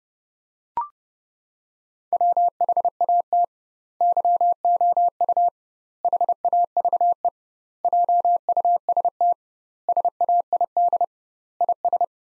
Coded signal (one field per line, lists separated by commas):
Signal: Morse code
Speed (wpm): 32 wpm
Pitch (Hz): 700 Hz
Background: none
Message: WHAT YOU HAVE JUST SAID IS